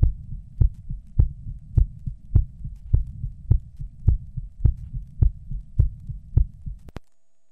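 An adult heartbeat after 20 minutes: steady, low-pitched thumping at about 103 beats per minute, each strong beat followed by a softer one, ending with a couple of sharp clicks before silence.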